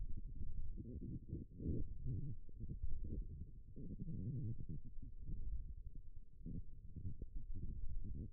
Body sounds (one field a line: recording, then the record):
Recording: forearm muscle sounds (acoustic myography)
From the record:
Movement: forearm pronation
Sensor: system 1, eight BSWA MPA416 microphones around the upper forearm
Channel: 2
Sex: female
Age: 21 years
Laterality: right